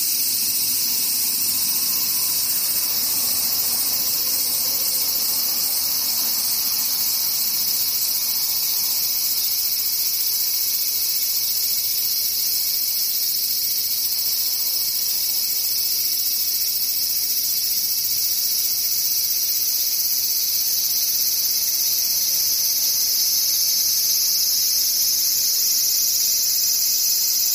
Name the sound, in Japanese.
セミ